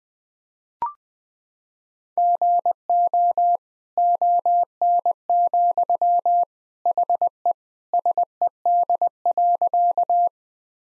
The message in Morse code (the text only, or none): GO ON, HE SED.